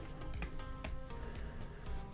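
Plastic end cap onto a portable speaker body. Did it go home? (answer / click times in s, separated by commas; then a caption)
no / none. A plastic end cap is pushed onto the body of an Ultimate Ears UE Megaboom portable speaker with a flathead pressed along its very edge during a charger port replacement, over steady background music with a few brief sharp taps near 0.4 s and 0.9 s. The end cap has not clicked into place; it does not click and instead is meant to enter a small groove, where it stays in.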